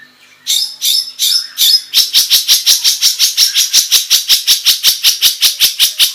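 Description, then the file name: Long-tailed shrike song: four longer harsh notes, then a steady rapid train of sharp, high notes. "suara-cendet-versi-4"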